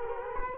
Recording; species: mosquito wingbeat signal from an infrared sensor; Culex quinquefasciatus